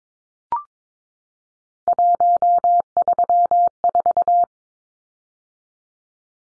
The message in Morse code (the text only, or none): 134